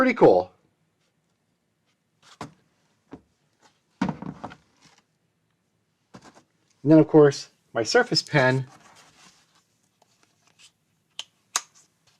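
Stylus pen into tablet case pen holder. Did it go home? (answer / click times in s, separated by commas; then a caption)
yes / 11.2 s, 11.6 s. Someone talks while fitting a Surface Pen into the pen holder at the top of a Surface Pro tablet's hard plastic and rubber case with a blue handle and strap. Two sharp hits at 11.2 s and 11.6 s mark the pen snapping into place, and it is seated, though the hold may be magnetic rather than a mechanical latch.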